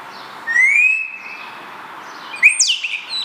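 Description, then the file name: Spotless starling whistle: a long, slightly rising whistled note, then after a pause a sharp upslurred note followed by rapid squeaky downslurred notes, over a soft background hiss. "Storno Nero"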